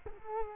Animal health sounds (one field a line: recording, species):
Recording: mosquito wingbeat signal from an infrared sensor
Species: Culex quinquefasciatus